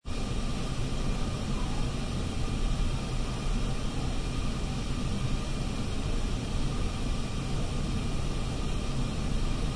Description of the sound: Room tone sound effects patient room ventilator hiss.